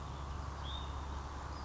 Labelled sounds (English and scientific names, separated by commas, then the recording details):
Hutton's Vireo (Vireo huttoni)
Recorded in Sonoma County, California